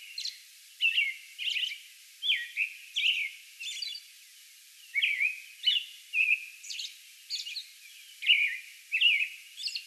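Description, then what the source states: American robin repeating warbled whistled phrases and thin high notes, with a short pause midway. Song bout recorded May 11.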